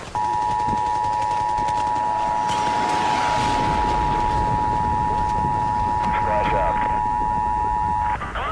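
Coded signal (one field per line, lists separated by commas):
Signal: Emergency Alert System (SAME) tones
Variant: 853 and 960 Hz attention tone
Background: speech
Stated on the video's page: Fictional EAS scenario.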